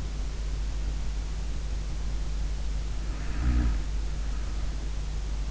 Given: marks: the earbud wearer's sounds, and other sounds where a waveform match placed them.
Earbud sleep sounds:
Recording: sounds in sleep by an in-ear microphone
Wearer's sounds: snoring breath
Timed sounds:
2.79-5.19 s: snoring breath

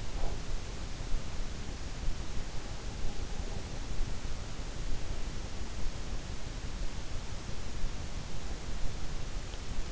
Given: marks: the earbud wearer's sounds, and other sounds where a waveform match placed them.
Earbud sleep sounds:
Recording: sounds in sleep by an in-ear microphone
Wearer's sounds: breath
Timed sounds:
0.00-0.67 s: breath

